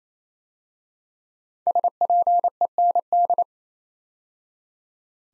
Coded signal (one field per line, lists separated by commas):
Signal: Morse code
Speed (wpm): 27 wpm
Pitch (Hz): 700 Hz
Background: none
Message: SPEND